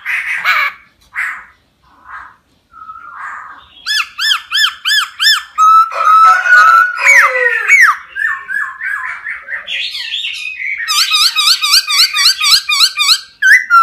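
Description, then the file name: Laughingthrush giving short rough notes, then bursts of quickly repeated ringing whistles and varied slurred phrases, ending in a rapid trilling series. Song in the 'wild voice' (giọng rừng) style. "Tieng khuou hot giong rung"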